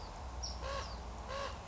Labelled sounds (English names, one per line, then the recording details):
Common Raven
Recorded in Sonoma County, California